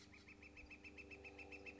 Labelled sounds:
Northern Flicker (Colaptes auratus)
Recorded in Sonoma County, California

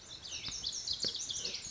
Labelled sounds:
Lazuli Bunting (Passerina amoena)
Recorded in Sonoma County, California

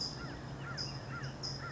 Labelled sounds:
California Towhee (Melozone crissalis)
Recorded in Sonoma County, California

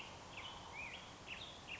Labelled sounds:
Black-headed Grosbeak (Pheucticus melanocephalus)
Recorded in Sonoma County, California

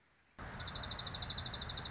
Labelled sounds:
Dark-eyed Junco (Junco hyemalis)
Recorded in Sonoma County, California

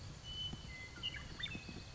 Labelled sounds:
Western Meadowlark (Sturnella neglecta)
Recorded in Sonoma County, California

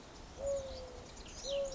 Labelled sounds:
Mourning Dove (Zenaida macroura)
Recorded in Sonoma County, California

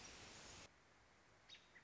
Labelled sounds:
American Robin (Turdus migratorius)
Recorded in Sonoma County, California

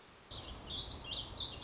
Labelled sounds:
Warbling Vireo (Vireo gilvus)
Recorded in Sonoma County, California

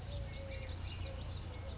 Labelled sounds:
Eurasian Collared Dove (Streptopelia decaocto)
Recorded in Sonoma County, California

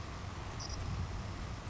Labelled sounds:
Savannah Sparrow (Passerculus sandwichensis)
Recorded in Sonoma County, California

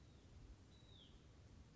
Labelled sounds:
Hutton's Vireo (Vireo huttoni)
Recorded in Sonoma County, California

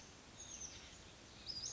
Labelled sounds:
Oak Titmouse (Baeolophus inornatus)
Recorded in Sonoma County, California

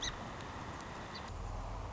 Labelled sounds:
Song Sparrow (Melospiza melodia)
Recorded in Sonoma County, California

